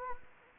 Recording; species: mosquito wingbeat signal from an infrared sensor; Anopheles gambiae